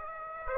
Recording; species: mosquito wingbeat signal from an infrared sensor; Aedes aegypti